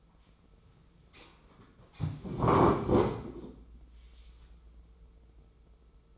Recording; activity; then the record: daily activity, microphone in the room; sit down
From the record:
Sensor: 1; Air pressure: 996.0 hPa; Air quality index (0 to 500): 234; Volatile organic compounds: 1000 ppm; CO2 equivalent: 6815 ppm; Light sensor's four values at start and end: 33/82/35/42 and 34/84/36/43